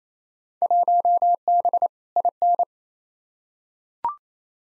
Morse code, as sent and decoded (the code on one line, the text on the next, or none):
.---- -... / .. -.
1B IN